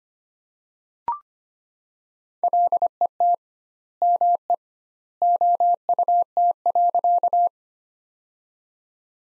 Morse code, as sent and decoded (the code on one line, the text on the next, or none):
.-.. . - / -- . / --- ..- - .-.-.-
LET ME OUT.